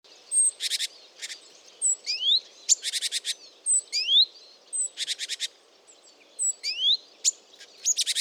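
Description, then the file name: Great tit calling with quick upswept thin notes and harsh buzzy churring bursts in short repeated series, against a light background hiss. "Parus major"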